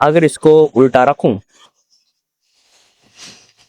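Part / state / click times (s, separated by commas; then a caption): scooter seat lid latch onto the frame over the under-seat boot / not seated / none. Someone talks for the first second and a half, then after a quiet stretch a soft, brief scuffing sound comes around 3.2 seconds as a full helmet, turned the other way in the under-seat boot of a Yamaha EC06 scooter, has the seat lid pressed down onto the frame over it. Nothing has clicked or latched: the seat lid still fails to lock because the full helmet does not fit in the boot.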